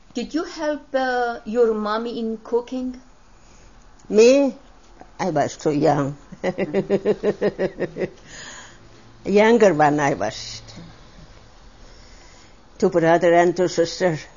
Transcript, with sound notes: Did you help your mom in cooking?
Me? I was too young. ( she laughs ) Younger one, I was. Two brothers and two sisters.